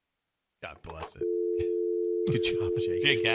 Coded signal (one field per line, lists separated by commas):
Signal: telephone call progress tone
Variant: North America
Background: speech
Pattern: dial tone